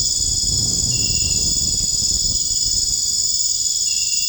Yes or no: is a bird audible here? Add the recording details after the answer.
no. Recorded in dense forest near Puerto Asís, Putumayo, Colombia, on 25 June 2025 at 23:30. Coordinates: 0.481, -76.323. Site G072